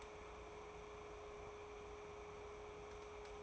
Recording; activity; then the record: daily activity, microphone in the room; take from stove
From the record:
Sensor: 1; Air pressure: 1010.3 hPa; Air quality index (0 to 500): 170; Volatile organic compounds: 12 ppm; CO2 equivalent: 2339 ppm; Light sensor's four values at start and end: 55/141/58/74 and 57/147/61/77